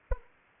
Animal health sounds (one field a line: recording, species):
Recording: mosquito wingbeat signal from an infrared sensor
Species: Anopheles arabiensis